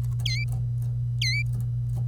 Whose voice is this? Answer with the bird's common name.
Domestic Canary